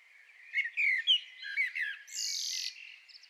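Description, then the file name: Common blackbird song phrase, a few rich fluty notes sliding up and down, ending in a thin, hissy high twitter. "Turdus merula"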